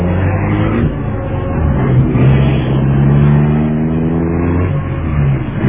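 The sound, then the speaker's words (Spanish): A luxurious black car's engine revs with a steady, throaty hum, its pitch rising and falling in strained harmonic sweeps as the car pulls away, loud and continuous throughout with no voices. “Y el lujoso auto negro se alejó llevando a Solín escondido en la parte trasera.”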